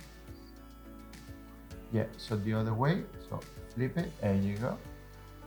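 An SD memory card is flipped the right way round and handled at slot one of a camera's card slot while someone talks over background music, with faint brief handling sounds near 1.1 and 1.7 seconds. Nothing has seated or clicked into the slot yet.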